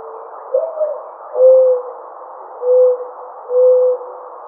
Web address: Mourning Dove 2009 05 28 Mourning Dove 01